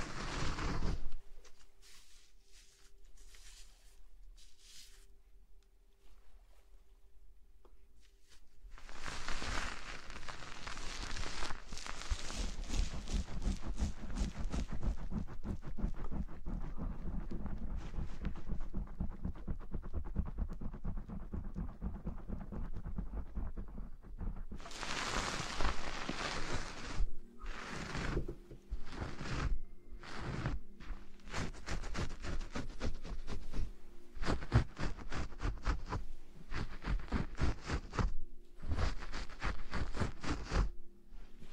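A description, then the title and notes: Ear blowing: soft, breathy gusts of air come in bursts, with a short puff at the start, then a long, dense stretch of rushing breath from about 9 to 25 seconds. After that, quicker puffs start and stop, separated by near-silence with a faint low hum. ASMR Ear blowing.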